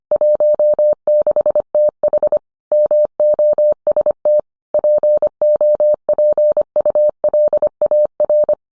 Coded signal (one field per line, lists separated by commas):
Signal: Morse code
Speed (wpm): 25 wpm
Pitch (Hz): 600 Hz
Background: none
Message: 16TH MOST POPULAR